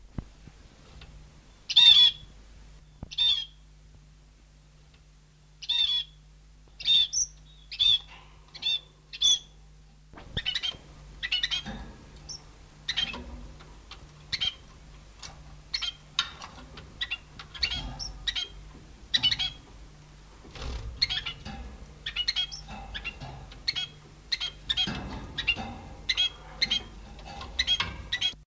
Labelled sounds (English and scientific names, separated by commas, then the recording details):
Scaly-breasted Munia (Lonchura punctulata) call
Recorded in captivity
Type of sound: call
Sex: pair
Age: adult
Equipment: Halbspur, 9,5 cm/s
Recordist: Lütgens, Hans
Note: Laute Erregungstrompeten, lebhafte Unterhaltungsrufe, leiser Männchengesang